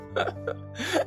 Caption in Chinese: 我妈跟我二姐就是非常会打呼的那种人，他们那种打呼就是那种轰轰。 你可能觉得我学的有点夸张，但真的是轰。